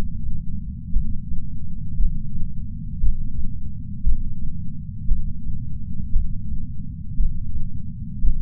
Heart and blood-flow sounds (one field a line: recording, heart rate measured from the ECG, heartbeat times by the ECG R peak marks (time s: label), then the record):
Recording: heart sounds by patch sensor on the chest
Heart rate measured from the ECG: 58 bpm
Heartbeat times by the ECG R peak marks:
0.92 s: heartbeat
1.96 s: heartbeat
3.00 s: heartbeat
4.03 s: heartbeat
5.08 s: heartbeat
6.12 s: heartbeat
7.16 s: heartbeat
8.21 s: heartbeat
From the record:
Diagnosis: coronary artery disease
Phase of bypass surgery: intraoperative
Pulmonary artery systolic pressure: 30 mmHg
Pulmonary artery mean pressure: 21 mmHg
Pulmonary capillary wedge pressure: 19 mmHg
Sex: male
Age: 57 years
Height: 183 cm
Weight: 85 kg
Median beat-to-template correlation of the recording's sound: 0.88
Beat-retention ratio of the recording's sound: 1.00